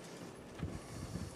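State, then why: Not seated. A SO-DIMM laptop memory module is slid back into the laptop memory slot at an angle, before it is pressed down to latch. Only light, low handling taps and scrapes are heard, around 0.6 s and 1.2 s. Nothing has seated or clicked yet.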